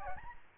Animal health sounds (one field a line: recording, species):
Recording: mosquito wingbeat signal from an infrared sensor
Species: Aedes albopictus